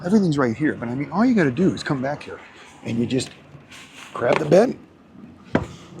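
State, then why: Seated. In a truck cab sleeper, someone talks and then grabs the fold-down bunk bed and pulls it down. A single sharp hit at 5.6 s is heard as the bed pops into its locked position.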